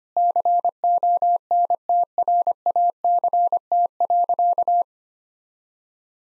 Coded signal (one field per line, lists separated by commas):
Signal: Morse code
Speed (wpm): 25 wpm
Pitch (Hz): 700 Hz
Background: none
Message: CONTRACT.